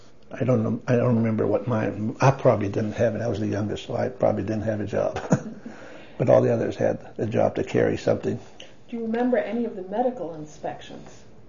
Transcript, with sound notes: I don't—I don't remember what mine---I probably didn't have it—I was the youngest so I probably didn't have a job. (laughs) But all the others had a job to carry something.
Do you remember any of the medical inspections?